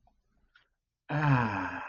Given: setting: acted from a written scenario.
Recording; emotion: vocal sound without words; ecstasy